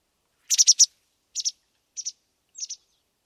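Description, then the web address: Bird calls: very high, thin chirps in quick clusters, first four notes, then two, two and three, separated by short silences. "cianscape birddata Deverinetal 2025"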